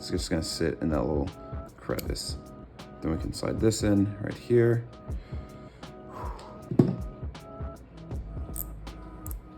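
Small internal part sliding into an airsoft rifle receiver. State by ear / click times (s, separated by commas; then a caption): seated / 6.8 s, 8.6 s, 9.3 s. During a Toxicant MCX airsoft rifle kit build, a tiny internal part sits in a small crevice and another part is slid in over it into the receiver while someone talks. Sharp clicks ring out at 6.8, 8.6, 9.3 and 9.3 seconds as the part seats.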